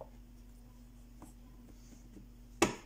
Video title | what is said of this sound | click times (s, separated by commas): lampe dp marie 2 ème partie ( final) | halle est bien enclenché | 2.6 s